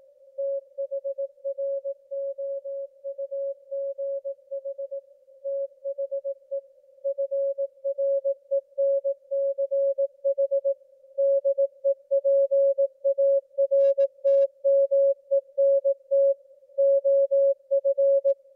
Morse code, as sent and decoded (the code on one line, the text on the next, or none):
- .... .-. --- ..- --. .... / - .... . / ..-. .-. . -. -.-. .... / -.. . .--. .- .-. - -- . -. - / --- ..-.
THROUGH THE FRENCH DEPARTMENT OF